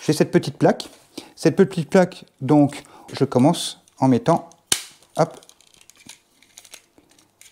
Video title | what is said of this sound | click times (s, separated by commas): Bseed - tout pour contrôler sa maison... interrupteurs, prises et plus encore... | voilà vous voyez elles sont bien fixées elles sont bien clipsées hop voilà | 7.4 s